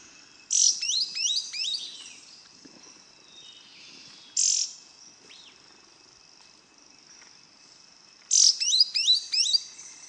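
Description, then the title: Yellow-green grosbeak calls: three bursts of sharp, high chipping notes over ten seconds, over a steady high drone. Subspecies brasiliensis. "LuckyPassaro Completos2Sama. Yellow-green Grosbeak (Caryothraustes canadensis brasiliensis)"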